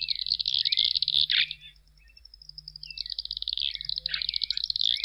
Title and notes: Museo de Ciencias de Bahía Blanca. Tijereta (Tyrannus savana). Su canto comprende variados chirridos y gorjoeos